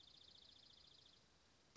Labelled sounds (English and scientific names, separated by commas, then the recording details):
Dark-eyed Junco (Junco hyemalis)
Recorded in Sonoma County, California